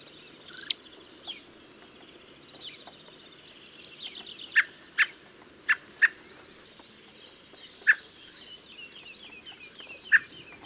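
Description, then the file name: Common blackbird giving a series of short, hard call notes at uneven intervals, with fainter high twittering in the background. "Turdus merula"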